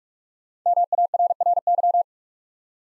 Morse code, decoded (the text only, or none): MARRY